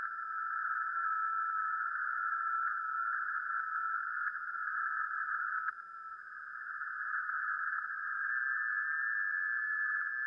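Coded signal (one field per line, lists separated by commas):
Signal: FT8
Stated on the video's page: FT8 or JS8Call data on 40m via an NVIS dipole, real over-the-air radio, not SDR or simulation, streamed live.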